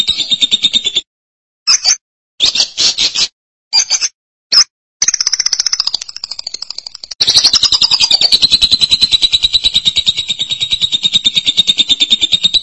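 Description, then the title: Lovebird chattering, shrill high twitters in stop-start bursts, then a long continuous rapid buzzy chatter with steady pulses. "BM Suara Burung Lovebird"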